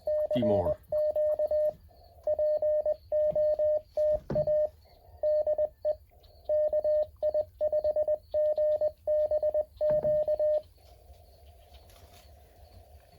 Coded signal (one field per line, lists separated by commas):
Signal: Morse code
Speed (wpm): 20 wpm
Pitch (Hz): 610 Hz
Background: speech, radio noise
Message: CQ POTA DE KI5GBQ